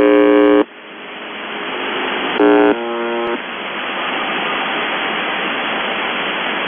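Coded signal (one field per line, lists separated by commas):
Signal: channel marker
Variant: UVB-76 (The Buzzer)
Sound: two short harsh buzzes about two seconds apart, then hiss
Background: radio static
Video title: The Buzzer/UVB-76(4625Khz) July 22, 2021 09:15UTC Voice message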